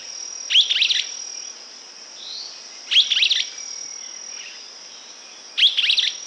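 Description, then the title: Streaked flycatcher giving loud, squeaky, slurred calls, three bursts about two and a half seconds apart, over a steady high insect drone. Subspecies solitarius. "LuckyPassaro Completos2Sama. Streaked Flycatcher (Myiodynastes maculatus solitarius)"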